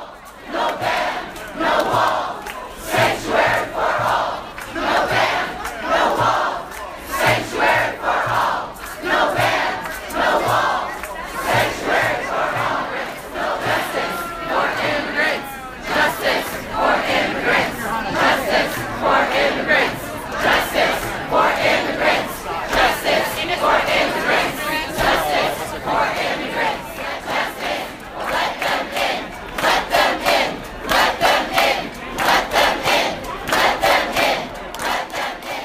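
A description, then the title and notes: A protest crowd chants together in a steady, rhythmic cadence, voices rising and falling in regular bursts about every second throughout. The sound is dense, with many overlapping shouting voices and a low rumble of the gathering underneath. Immigration Ban Protest.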